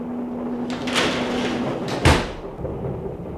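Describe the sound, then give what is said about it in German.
A door swings shut: a soft whooshing sweep, then a single solid thud with a low rumble, followed by faint room noise. No voices are heard. “Machen Sie Tür zu.”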